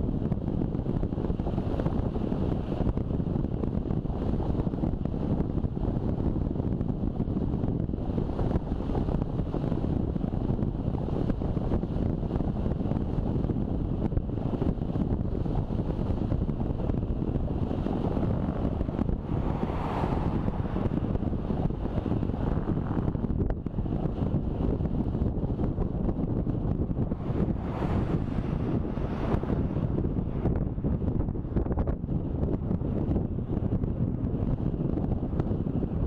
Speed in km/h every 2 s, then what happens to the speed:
34, 33, 33, 33, 33, 33, 33, 33, 33, 33, 33, 33, 33, 33, 33, 33, 32, 33.
0-36 steady at about 33.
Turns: none.